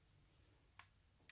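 The old plastic cellular module inside an alarm base station is held by its bottom and rotated until it snaps free, then pulled out. Sharp snaps are heard at 0.8 s and 1.3 s over a faint low hum. The module is released from the base station.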